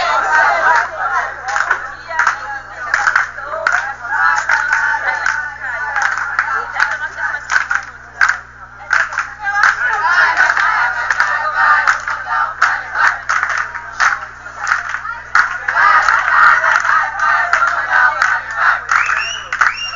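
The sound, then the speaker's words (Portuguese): A team war cry chant shouted by a crowd of voices, the Minas Tênis Clube champions of the 2013 Brazilian Senior Swimming Championship, loud and sustained with rhythmic surges and brief pauses, mixed with scattered clapping and cheering. “E por causa disso, em homenagem ao Minas Tênis Clube, vamos ouvir o grito de guerra dos campeões.”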